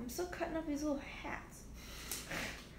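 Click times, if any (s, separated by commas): 2.1 s, 2.3 s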